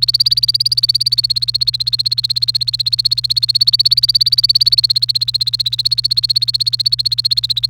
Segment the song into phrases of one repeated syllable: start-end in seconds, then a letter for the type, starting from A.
0.00-7.66 A